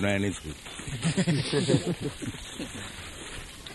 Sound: laughter

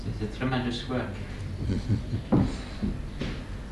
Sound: chuckles

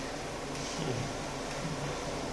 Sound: hums

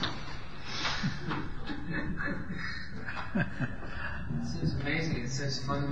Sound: Prabhupāda chuckles

